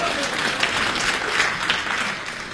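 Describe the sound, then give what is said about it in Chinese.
A crowd claps steadily in a dense, even patter of many hands, moderately loud and sustained throughout, with no voices rising above it. “那个咱这鼓掌不太热烈。”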